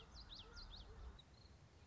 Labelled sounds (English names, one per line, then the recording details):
Common Yellowthroat
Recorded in Sonoma County, California